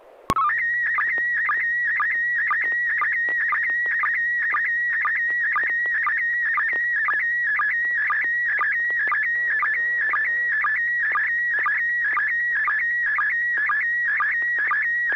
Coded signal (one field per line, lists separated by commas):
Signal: SSTV (slow-scan television)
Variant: PD 120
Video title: N6NA SSTV Net - 01/19/2022